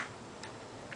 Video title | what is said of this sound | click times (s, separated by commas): Vau 1252 / 1255 CD Mech laser Change | it in like that, and you can literally hear the click. | 0.4 s, 0.9 s